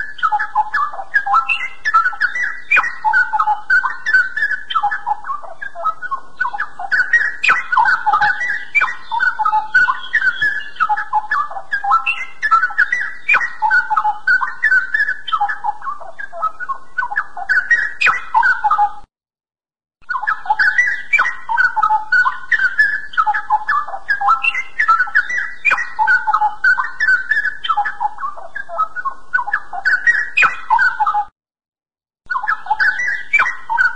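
A straw-headed bulbul sings loudly and almost without pause, pouring out rich, bubbling warbles in a mid-to-high register with brighter ringing notes above. Phrases tumble densely, broken only by two brief silent gaps, near 19 and 31 seconds.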